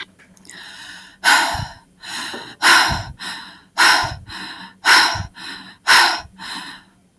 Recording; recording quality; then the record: shallow breathing; excellent, no background noise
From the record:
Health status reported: respiratory illness, not identified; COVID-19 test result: negative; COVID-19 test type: RT-PCR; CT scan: not taken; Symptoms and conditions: asthma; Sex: female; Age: 34 years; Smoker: no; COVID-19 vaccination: both doses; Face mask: not worn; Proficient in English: yes